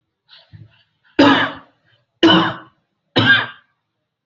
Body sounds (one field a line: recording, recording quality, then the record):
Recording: heavy voluntary cough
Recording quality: excellent, no background noise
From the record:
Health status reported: exposed to COVID-19, no respiratory illness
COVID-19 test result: not tested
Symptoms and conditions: none ticked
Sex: male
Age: 44 years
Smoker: not ticked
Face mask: not worn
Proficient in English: yes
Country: India